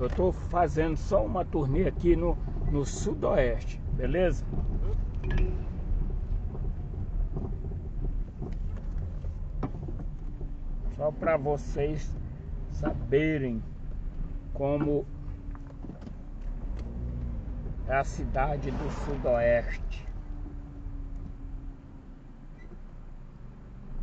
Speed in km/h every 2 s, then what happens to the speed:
8, 17, 17, 13, 16, 14, 10, 5, 7, 6, 11, 10.
0-2 speeds up to 17. 2-9 steady at about 16. 9-13 slows to 5. 13-18 steady at about 6.